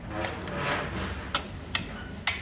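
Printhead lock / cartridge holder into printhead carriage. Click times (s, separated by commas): 2.3 s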